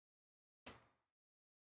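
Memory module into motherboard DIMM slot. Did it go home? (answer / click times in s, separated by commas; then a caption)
yes / 0.7 s. The next RAM memory module is pushed top-down into its motherboard DIMM slot and seats with a single sharp click at 0.7 s. The snap rings out briefly and fades within about half a second, with silence before and after.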